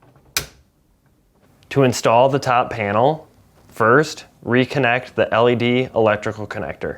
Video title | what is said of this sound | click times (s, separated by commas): How to replace Water Filter Housing part # W11482384 on your Whirlpool Refrigerator | and flipping up the locking tabs until they snap in place | 0.4 s